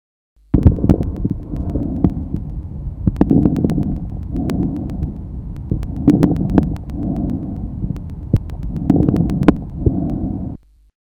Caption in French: Le souffle tubaire. Il ressemble au bruit trachéobronchique, mais il est entendu en périphérie du poumon. Notez sur cet enregistrement la présence de crépitants inspiratoires.